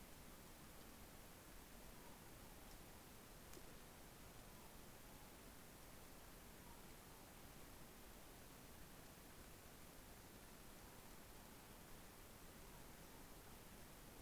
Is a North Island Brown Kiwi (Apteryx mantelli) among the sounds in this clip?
no